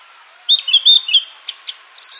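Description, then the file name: Eurasian blackcap song fragment, a few loud clear whistled notes followed by short clicks and a high twitter. "Sylvia atricapilla"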